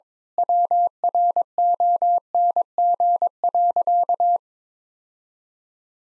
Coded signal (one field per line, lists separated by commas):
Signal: Morse code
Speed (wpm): 22 wpm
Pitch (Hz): 700 Hz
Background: none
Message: WRONG.